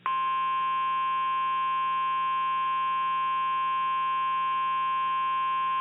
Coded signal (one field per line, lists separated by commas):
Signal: Emergency Alert System (SAME) tones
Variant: 1050 Hz attention tone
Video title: "ATTACK OF THE KILLER INFLATABLES" [HALLOWEEN EAS SCENARIO]